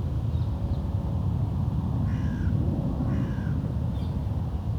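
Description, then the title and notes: Crow with two drawn-out, slightly falling hoarse caws about a second apart, a few faint higher bird notes, and a low rumbling background. Wolvendael Park, Uccle, Belgium; park ambience with some other birds; recorded with DPA 2006c microphones in AB position into SD Mixpre D and Sony PCM-M10. "Parc de Wolvendael, 1180 Uccle, Belgium - Corbeaux - Crows. Ambiance dans le parc, quelques oiseaux. Ambience in the park, some birds"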